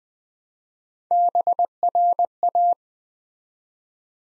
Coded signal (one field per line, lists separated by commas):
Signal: Morse code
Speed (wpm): 20 wpm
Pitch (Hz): 700 Hz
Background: none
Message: BRA